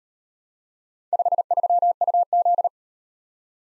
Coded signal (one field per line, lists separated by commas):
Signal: Morse code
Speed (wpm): 38 wpm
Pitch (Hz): 700 Hz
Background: none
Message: 53UZ